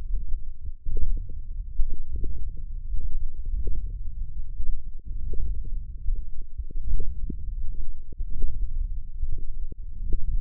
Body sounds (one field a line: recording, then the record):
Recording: forearm muscle sounds (acoustic myography)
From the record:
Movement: wrist extension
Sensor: system 1, eight BSWA MPA416 microphones around the upper forearm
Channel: 6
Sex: male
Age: 20 years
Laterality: left